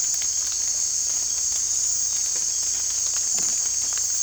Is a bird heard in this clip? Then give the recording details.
no. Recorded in secondary vegetation near Puerto Asís, Putumayo, Colombia, on 22 December 2024 at 18:30. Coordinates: 0.484, -76.319. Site GP06